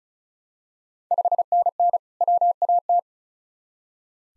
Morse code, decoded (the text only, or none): 5NN WAT